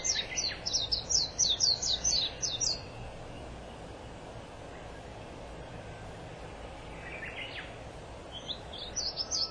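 White-eye giving a rapid series of high thin twittering notes for about three seconds, then faint chirps, over steady low background noise.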